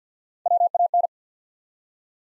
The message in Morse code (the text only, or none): WAN